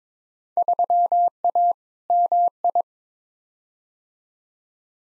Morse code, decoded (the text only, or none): 3A MI